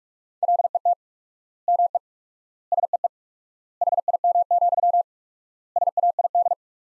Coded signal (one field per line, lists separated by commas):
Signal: Morse code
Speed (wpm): 46 wpm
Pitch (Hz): 700 Hz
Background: none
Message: LET ME SEE HIM, SAID